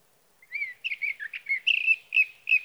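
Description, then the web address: Sage thrasher song, an opening slurred whistle followed by a rapid, continuous jumble of warbled phrases. "birdsongforthecurious Sage Thrasher"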